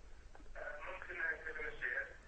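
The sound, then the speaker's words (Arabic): Tinny, band-limited sound of a caller's television in Saudi Arabia comes through a phone line during a call into a Quran broadcast: muffled voices play continuously for about two seconds at a moderate, steady level, thin and lacking any deep tones. “فقط اخفض صوت التلفاز وتحدث عبر الهاتف وهو يسمعك، تفضل.”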